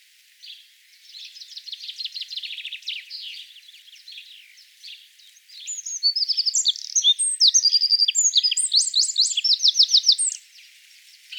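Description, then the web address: Eurasian wren singing: a softer run of rapid high notes, then a brief gap, then a louder burst of piercing trills and twittering phrases for about five seconds. "vogelstimmen zaunkoenig gesang nabu lars lachmann"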